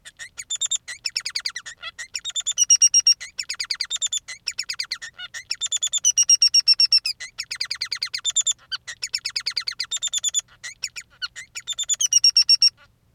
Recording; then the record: song of a male Bengalese finch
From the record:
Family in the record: son of father 3